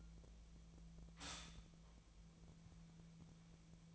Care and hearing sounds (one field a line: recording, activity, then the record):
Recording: daily activity, microphone in the room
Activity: stop toaster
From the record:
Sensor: 1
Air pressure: 1009.3 hPa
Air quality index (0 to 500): 195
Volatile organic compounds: 19 ppm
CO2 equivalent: 2665 ppm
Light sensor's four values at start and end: 27/70/29/35 and 28/71/29/35